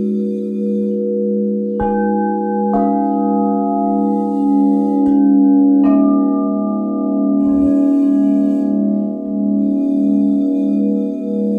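Large crystal singing bowls hum in a steady, sustained drone, with new bowls struck near 2, 3, and 6 seconds adding brighter ringing tones.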